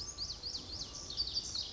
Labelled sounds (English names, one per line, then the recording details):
Lazuli Bunting
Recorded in Sonoma County, California